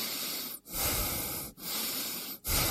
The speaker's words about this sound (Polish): Proszę oddychać.